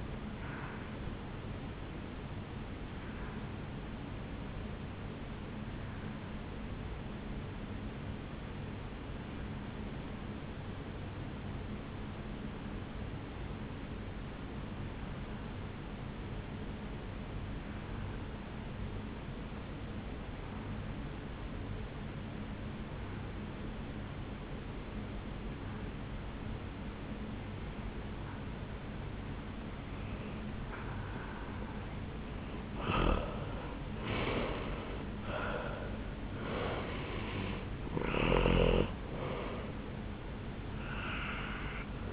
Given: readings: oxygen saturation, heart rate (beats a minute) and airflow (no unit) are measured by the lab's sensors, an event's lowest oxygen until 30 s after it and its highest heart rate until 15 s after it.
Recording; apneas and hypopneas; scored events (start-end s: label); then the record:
breathing in sleep by a voice recorder at the bedside; 1
5.00-34.70 s: obstructive apnea (N1, oxygen 96% highest, then 85% lowest, heart rate 59 at the start, 75 highest)
15.00-42.13 s: new sleep stage, N2 (light sleep)
From the record:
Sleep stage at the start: N1 (lightest sleep); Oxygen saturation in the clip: 88 to 96%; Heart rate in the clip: 55 to 75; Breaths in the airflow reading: 3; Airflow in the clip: -8.2 to 5.9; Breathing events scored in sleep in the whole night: 449 in 7.0 hours asleep